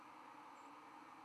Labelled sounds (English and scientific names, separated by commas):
White-throated Sparrow (Zonotrichia albicollis) flight call